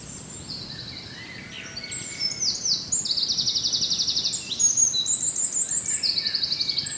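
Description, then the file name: Birds singing: several overlapping high, fast buzzy trills and chirps, with one dry rattling trill held for over a second, over a steady soft background hiss. "birds singing far sheeps"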